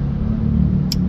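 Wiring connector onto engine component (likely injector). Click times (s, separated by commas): 0.9 s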